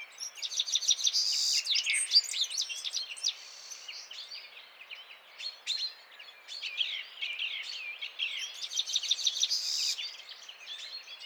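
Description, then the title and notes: Citril finch song from several birds, a chattering stream of high chirps and sliding notes broken by buzzy trills near the start and end. Males singing in a flock before females, end of winter, 17 March 2017, Vallon de Combeau, Drôme, France, mountains; recorded with Nagra Seven and Telinga P7. "Printemps de Venturon. 17 mars 2017-Vallon de Combeau - Drôme. le chant du Venturon montagnard ( Serinus citrinella)"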